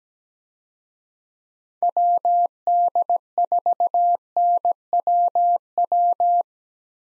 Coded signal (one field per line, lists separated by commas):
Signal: Morse code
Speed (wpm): 17 wpm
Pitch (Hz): 700 Hz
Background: none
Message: WD4NWW